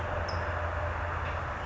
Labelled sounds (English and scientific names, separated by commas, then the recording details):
California Towhee (Melozone crissalis)
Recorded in Sonoma County, California